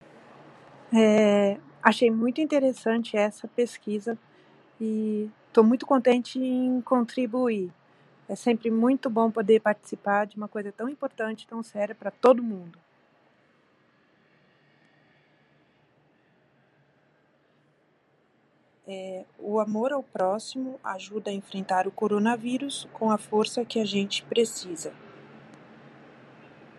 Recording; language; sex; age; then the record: spoken sentence; Brazilian Portuguese; female; 50 to 59 years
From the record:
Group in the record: control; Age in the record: 53 years